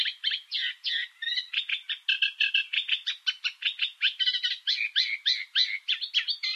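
Bird calls: a continuous stream of harsh, rasping notes, about three a second, mostly high-pitched and uneven in rhythm.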